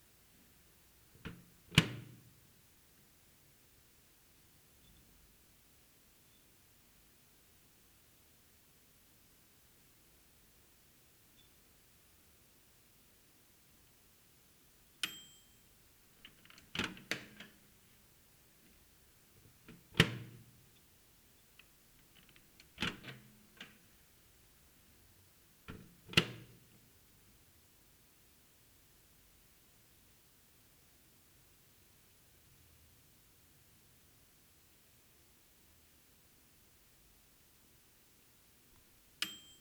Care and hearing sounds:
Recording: daily activity, guitar pickup as the sensor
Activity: use microwave

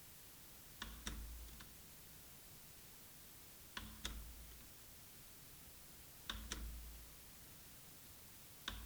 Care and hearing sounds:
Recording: daily activity, guitar pickup as the sensor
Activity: manipulate door

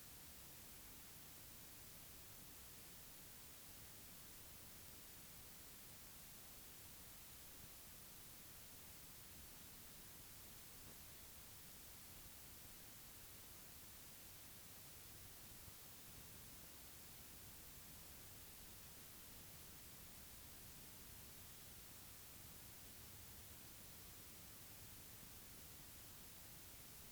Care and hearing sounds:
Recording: daily activity, guitar pickup as the sensor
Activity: stand

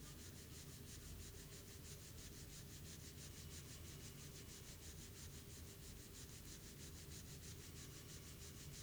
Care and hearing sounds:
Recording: daily activity, guitar pickup as the sensor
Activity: brush teeth

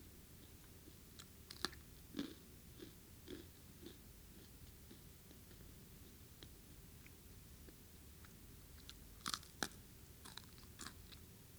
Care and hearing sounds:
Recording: daily activity, guitar pickup as the sensor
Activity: eat

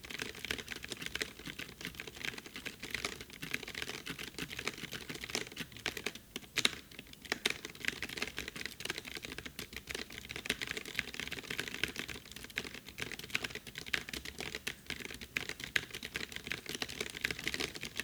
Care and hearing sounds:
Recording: daily activity, guitar pickup as the sensor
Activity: type

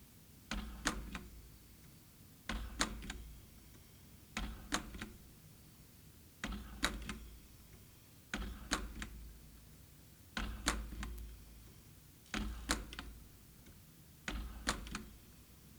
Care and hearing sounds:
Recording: daily activity, guitar pickup as the sensor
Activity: manipulate door

